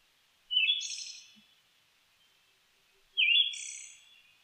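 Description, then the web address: Siberian thrush singing two separate brief phrases, each a fluty note that trails off, about two and a half seconds apart in quiet surroundings. Recorded 29 May 2004. "2004 040529 mamijiro"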